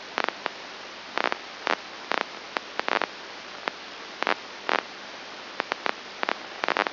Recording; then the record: brain microelectrode recording played as sound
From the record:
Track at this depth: inside the subthalamic nucleus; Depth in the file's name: 3.302 mm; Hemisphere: left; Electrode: 2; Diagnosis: Parkinson's disease